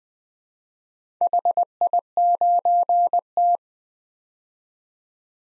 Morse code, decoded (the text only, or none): HI9T